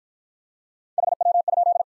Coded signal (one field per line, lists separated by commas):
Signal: Morse code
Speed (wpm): 53 wpm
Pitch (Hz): 700 Hz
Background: none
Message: HW?